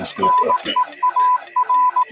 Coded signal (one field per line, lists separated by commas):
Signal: Morse code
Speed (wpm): 18 wpm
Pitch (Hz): 1000 Hz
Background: speech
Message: NEAR